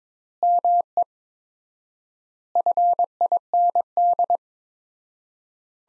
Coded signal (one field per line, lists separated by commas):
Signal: Morse code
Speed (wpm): 22 wpm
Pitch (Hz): 700 Hz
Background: none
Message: ME FIND